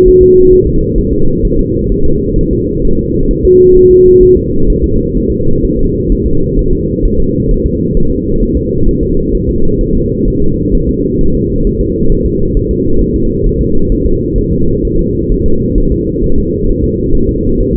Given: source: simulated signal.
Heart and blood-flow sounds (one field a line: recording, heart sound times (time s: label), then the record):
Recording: fetal heart sounds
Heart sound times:
0.08 s: S1
0.23 s: S2
0.53 s: S1
0.67 s: S2
0.98 s: S1
1.13 s: S2
1.45 s: S1
1.59 s: S2
1.92 s: S1
2.06 s: S2
2.39 s: S1
2.53 s: S2
2.85 s: S1
2.99 s: S2
3.31 s: S1
3.45 s: S2
3.77 s: S1
3.91 s: S2
4.23 s: S1
4.37 s: S2
4.70 s: S1
4.84 s: S2
5.17 s: S1
5.31 s: S2
5.65 s: S1
5.79 s: S2
6.12 s: S1
6.27 s: S2
6.59 s: S1
6.73 s: S2
7.05 s: S1
7.20 s: S2
7.51 s: S1
7.66 s: S2
7.97 s: S1
8.11 s: S2
8.43 s: S1
8.57 s: S2
8.88 s: S1
9.03 s: S2
9.34 s: S1
9.49 s: S2
9.81 s: S1
9.95 s: S2
10.28 s: S1
10.42 s: S2
10.75 s: S1
10.89 s: S2
11.21 s: S1
11.35 s: S2
11.67 s: S1
11.81 s: S2
12.12 s: S1
12.26 s: S2
12.57 s: S1
12.71 s: S2
13.02 s: S1
13.16 s: S2
13.47 s: S1
13.61 s: S2
13.92 s: S1
14.06 s: S2
14.38 s: S1
14.53 s: S2
14.85 s: S1
14.99 s: S2
15.32 s: S1
15.46 s: S2
15.78 s: S1
15.92 s: S2
16.24 s: S1
16.38 s: S2
16.69 s: S1
16.84 s: S2
17.15 s: S1
17.29 s: S2
17.61 s: S1
17.75 s: S2
From the record:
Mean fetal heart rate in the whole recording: 130 bpm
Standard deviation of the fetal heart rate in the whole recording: 4 bpm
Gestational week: 38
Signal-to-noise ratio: -17.7 dB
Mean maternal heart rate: 72 bpm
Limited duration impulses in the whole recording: present